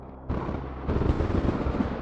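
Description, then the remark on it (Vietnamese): Loud rumbling thunder from a growing storm outside breaks in suddenly, then swells into a deeper, crackling roar that rolls on steadily without pause. No voices are heard. “Vân dứt lời, sấm sét bên ngoài đánh ầm ầm, cơn bão mỗi lúc một lớn.”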